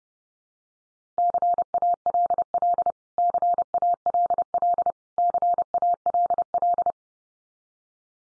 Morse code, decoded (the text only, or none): CALL CALL CALL